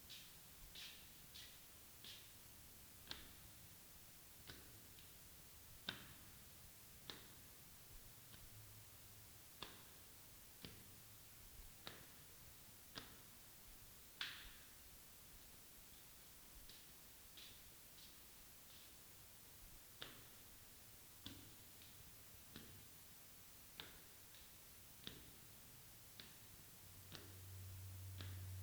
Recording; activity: daily activity, guitar pickup as the sensor; go upstairs